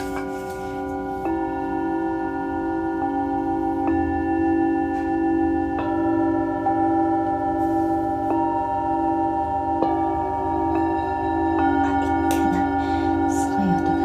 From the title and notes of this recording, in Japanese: メキシコから シンギングボウルのサウンドヒーリング ライブ。